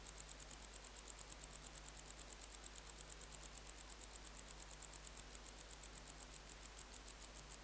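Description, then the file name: Wart-biter song: sharp, high, metallic ticks repeated rapidly, steady and continuous. "Decticus verrucivorus"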